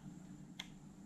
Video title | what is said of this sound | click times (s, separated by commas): Sony WM EX610 personal cassette player repair | So as you slide it in, a little click, and that's it. | 0.6 s